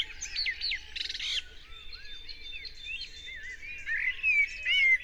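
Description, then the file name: Common blackbird singing a run of varied whistled phrases, some rising and falling, with a brief scratchy burst early on. "Turdus merula"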